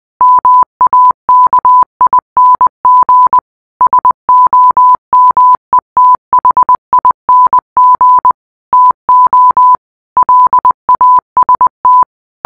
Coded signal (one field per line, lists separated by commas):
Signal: Morse code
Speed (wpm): 20 wpm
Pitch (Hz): 1000 Hz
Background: none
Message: MAKING SOMETHING TO LAST